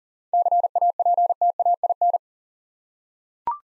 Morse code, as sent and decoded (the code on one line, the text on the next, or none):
-.-. .- .--. - .- .. -.
CAPTAIN